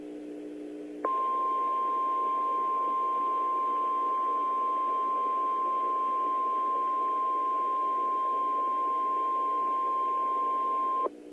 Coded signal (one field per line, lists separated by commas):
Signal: Emergency Alert System (SAME) tones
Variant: 1050 Hz attention tone